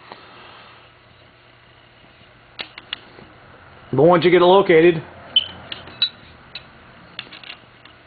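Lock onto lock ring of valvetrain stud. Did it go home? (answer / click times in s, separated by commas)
no / none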